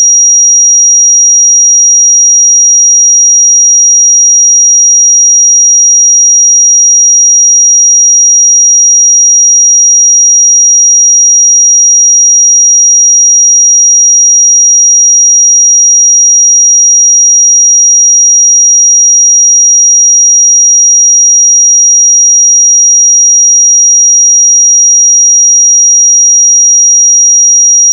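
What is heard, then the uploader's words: A pure sine tone at 5723 Hz holds perfectly steady for the full 28 seconds. It is a single thin, high, piercing pitch with no wavering in level and no other sounds around it, starting and stopping abruptly at the edges. 5723 Hz 1 Hz Interval Sine Pure Tone Frequency 441000 Sample Mono.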